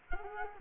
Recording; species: mosquito wingbeat signal from an infrared sensor; Culex quinquefasciatus